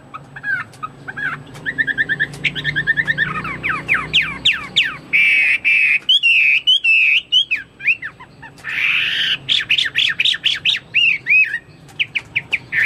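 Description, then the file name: Chinese hwamei song full of quick chirps, buzzy phrases and loud slurred whistles, constantly changing pattern. "omkicau hwamei"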